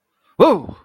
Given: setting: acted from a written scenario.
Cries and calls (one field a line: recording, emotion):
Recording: vocal sound without words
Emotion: negative surprise